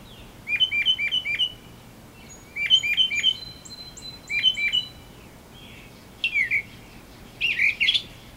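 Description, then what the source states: Northern mockingbird singing varied phrases: quick chirpy bursts of several notes repeated in sets, a thin whistle, then harsher rising and falling notes. Subspecies Mimus polyglottos polyglottos.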